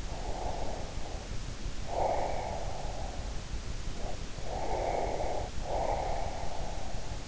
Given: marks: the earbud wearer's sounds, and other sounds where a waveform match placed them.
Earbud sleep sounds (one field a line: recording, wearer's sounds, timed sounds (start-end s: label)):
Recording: sounds in sleep by an in-ear microphone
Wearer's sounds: breath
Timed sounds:
0.16-3.52 s: breath
4.19-7.28 s: breath